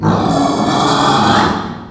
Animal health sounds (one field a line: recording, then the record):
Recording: squeal of a Yucatan mini pig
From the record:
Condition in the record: after surgery on the right vocal fold (resection and tissue-engineered implant)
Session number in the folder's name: 16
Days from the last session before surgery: 183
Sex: female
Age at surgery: 19 weeks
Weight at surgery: 25 kg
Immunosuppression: prednisolone